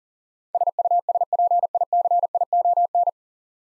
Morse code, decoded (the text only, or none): SUSPICION